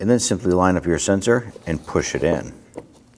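Someone talks as a new, connected parking assist sensor for a 2010-2019 Ford Taurus is lined up and pushed into the rear bumper. After the talking, a brief sharp tick comes at about 2.8 s, and a fainter one at about 3.1 s. Nothing has seated or clicked yet; the sensor is not home.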